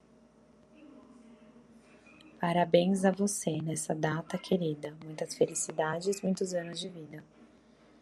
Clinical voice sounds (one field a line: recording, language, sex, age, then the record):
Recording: short text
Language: Brazilian Portuguese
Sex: female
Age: 30 to 39 years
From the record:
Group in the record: control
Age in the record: 31 years